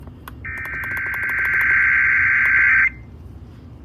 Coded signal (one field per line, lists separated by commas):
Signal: Emergency Alert System (SAME) tones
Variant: header bursts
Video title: Child Abduction Emergency - EAS 31